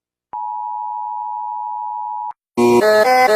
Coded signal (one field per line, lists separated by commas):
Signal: Emergency Alert System (SAME) tones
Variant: 853 and 960 Hz attention tone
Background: music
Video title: rating Eas alarms